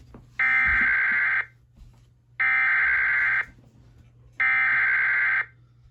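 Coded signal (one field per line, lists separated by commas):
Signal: Emergency Alert System (SAME) tones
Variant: header bursts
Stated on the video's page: EAS relay of a flash flood warning from NWS Norman.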